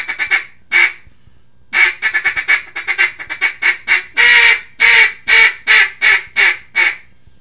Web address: Duck -Mallard